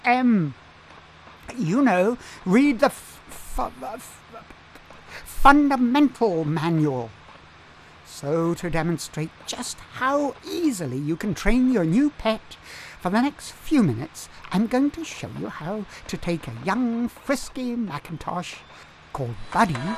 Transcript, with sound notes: M., you know Read The Fu-...fu...f [long pause then, with relief] Fundamental!! Manual! So to demonstrate just how easily you can train your new pet, for the next few minutes I’m going to show you how to take a young, frisky Macintosh [Over computer noises] called Buddy…